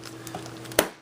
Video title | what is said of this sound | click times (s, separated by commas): AR-15 Magazine Renovation (Upgrade) MagPul Followers + Brownells Magazine Springs | And nice little click. That's on there. | 0.8 s